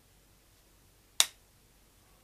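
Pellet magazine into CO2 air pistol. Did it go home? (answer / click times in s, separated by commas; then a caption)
yes / 1.2 s. A rotary pellet magazine is pushed into a Webley Nemesis CO2 air pistol and clicks fully home at 1.2 s with a single sharp snap. It is seated all the way, as it must be or it will try to jam.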